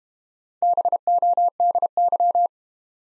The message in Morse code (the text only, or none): BODY